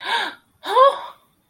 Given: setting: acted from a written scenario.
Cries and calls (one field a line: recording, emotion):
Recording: vocal sound without words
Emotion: elation